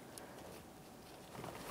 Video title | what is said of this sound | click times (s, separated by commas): How to Replace Lighter Socket 2011-2021 Jeep Grand Cherokee | push it through and you hear it click into place | 0.2 s